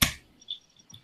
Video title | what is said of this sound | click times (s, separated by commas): Holiday prints - EU Stream - | you hear that snap? Yeah, that was just me putting it, just lowering it down. | 0.0 s